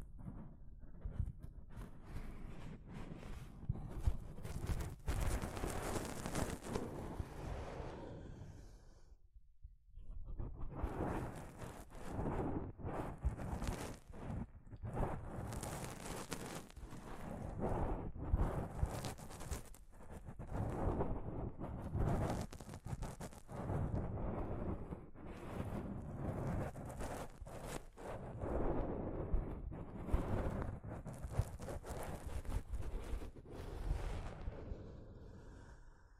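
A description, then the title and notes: Soft fabric brushes against a microphone in a continuous rumbling rustle, heavy in the low end with scratchy bursts reaching up high. The rubbing comes in quick, uneven strokes with many sharp spikes, pausing briefly near ten seconds before resuming just as densely. ASMR Mic Brushing using Soft Fabric (No Talking).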